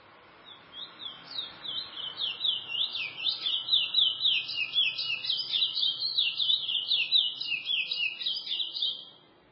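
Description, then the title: Chestnut-bellied seed finch singing a prolonged, quick, twittering warble of high slurred notes at about four per second, with faint low background hum. "Canto De Curio"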